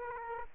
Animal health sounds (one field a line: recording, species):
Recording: mosquito wingbeat signal from an infrared sensor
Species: Aedes aegypti